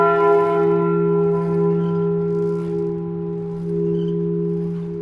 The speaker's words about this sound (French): ça vous fait pleurer, les cloches? Ça a toujours été. Je ne sais pas. Ça m'émeut tellement. Et c'est pas d'aujourd'hui. Même étant petit, ça me troublait.